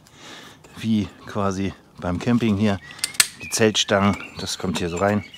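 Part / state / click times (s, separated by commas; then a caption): spring push button of a two-piece paddle shaft, locking into the other shaft section / not seated / none. Someone talks while fitting the two halves of an inflatable boat paddle's shaft together like tent poles, so the spring push button of one section can lock into the hole in the other. Faint brief handling noises come near 0.1 and 0.7 seconds under the speech. Nothing has seated or clicked yet; the button has not snapped in.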